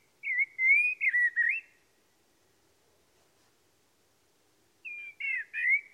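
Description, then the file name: Common blackbird song: two rich warbling whistled phrases separated by about three seconds of quiet, each made of looping, wavering fluty notes. "Turdus merula"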